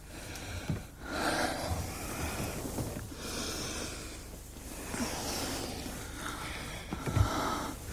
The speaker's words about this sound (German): Ein Schleier. Ein Dunst. Und das Atmen fällt schwerer und schwerer.